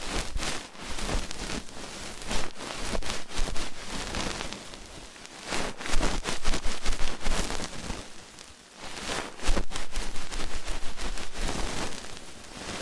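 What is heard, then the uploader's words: Rough ear cleaning makes dense, crackling scratching bursts that swell and fade in waves, with brief quieter gaps near four, eight and nine seconds. ASMR Rough Ear Cleaning (No Talking).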